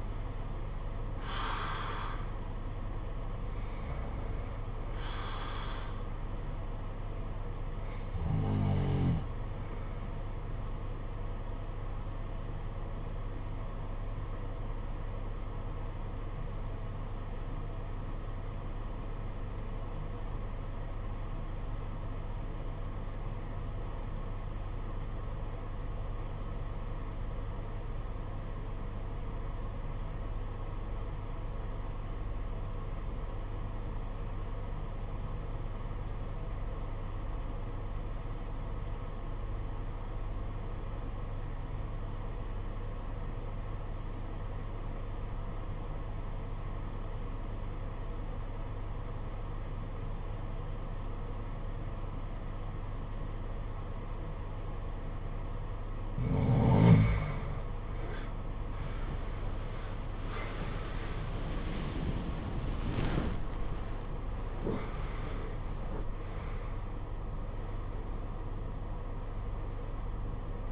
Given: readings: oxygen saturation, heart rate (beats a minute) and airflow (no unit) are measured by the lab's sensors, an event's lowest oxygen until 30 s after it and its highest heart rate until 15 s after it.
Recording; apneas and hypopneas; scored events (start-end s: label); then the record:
breathing in sleep by a smartphone at the bedside; 1
16.00-58.20 s: obstructive apnea (REM, oxygen 95% highest, then 67% lowest, heart rate 56 at the start, 98 highest)
From the record:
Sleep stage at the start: REM sleep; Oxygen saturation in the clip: 67 to 95%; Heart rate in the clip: 52 to 98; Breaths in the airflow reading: 8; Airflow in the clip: -17.2 to 18.2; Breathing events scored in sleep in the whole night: 476 in 9.7 hours asleep